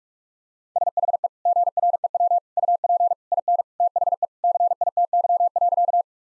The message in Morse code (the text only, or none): SHE GREW UP IN THE CITY.